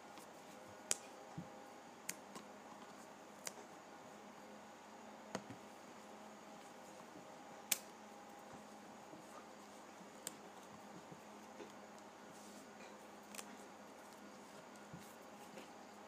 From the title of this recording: Flipping Through a Pad of Paper